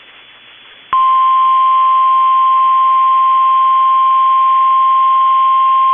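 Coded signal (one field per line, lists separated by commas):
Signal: Emergency Alert System (SAME) tones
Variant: 1050 Hz attention tone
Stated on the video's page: Storm, flooding and AMBER Alert tones received on NOAA Weather Radio, compiled as a mini-timeline.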